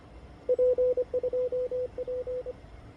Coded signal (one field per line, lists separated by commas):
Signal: Morse code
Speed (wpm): 23 wpm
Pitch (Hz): 500 Hz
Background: radio noise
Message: P2P